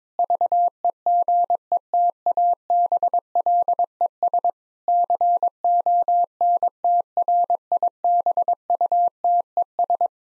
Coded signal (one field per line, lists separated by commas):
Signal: Morse code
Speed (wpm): 21 wpm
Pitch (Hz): 700 Hz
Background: none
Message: VEGETABLES CONTRIBUTES